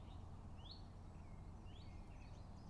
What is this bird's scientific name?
Phylloscopus collybita